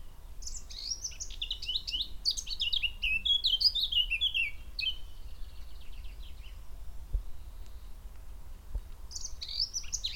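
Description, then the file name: Eurasian blackcap song: a rapid run of twittering and whistled notes, then a quiet gap and a brief new phrase at the end. "Sylvia atricapilla"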